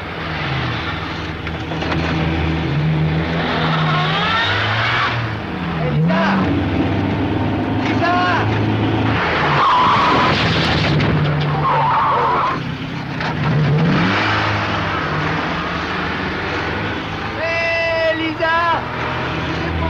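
A car engine revs hard and roars steadily while tires squeal in several high, wavering screeches, the loud sounds of a vehicle skidding and lurching back and forth.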